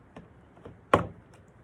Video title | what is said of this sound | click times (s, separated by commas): 2014 Lexus LS460 Armrest Console - DISASSEMBLING | There's one. You can hear it pop. | 0.9 s